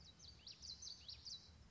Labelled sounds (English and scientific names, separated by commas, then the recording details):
Common Yellowthroat (Geothlypis trichas)
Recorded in Sonoma County, California